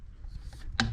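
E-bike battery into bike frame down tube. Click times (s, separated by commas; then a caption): 0.8 s. The removable battery of a 2024 Moustache Samedi 29 Game 5 electric mountain bike is lowered carefully into the frame's down tube. After quiet, low handling noise, a sharp, bright click at 0.8 s marks the battery latching in, confirming it is seated.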